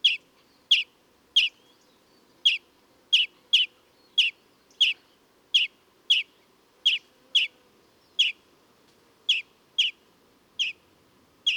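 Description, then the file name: European greenfinch repeating clipped chip calls at an uneven pace, many notes, several in close pairs, with a soft low hum underneath. "Chloris chloris"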